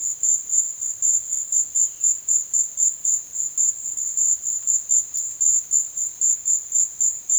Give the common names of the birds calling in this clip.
none